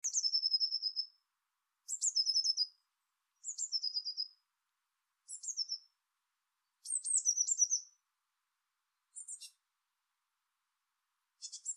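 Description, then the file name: Eurasian blue tit calls: high notes leading into short trills, repeated roughly every one to two seconds, later with scratchy chattering bursts, on a quiet background. "Cyanistes caeruleus"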